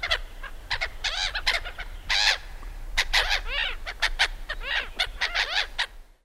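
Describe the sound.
Black-headed gulls calling: harsh, rasping, arched squawks from several birds, repeated rapidly and overlapping throughout.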